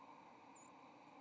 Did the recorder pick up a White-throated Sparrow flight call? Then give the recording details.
yes. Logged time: 08:55 on 30 October 2014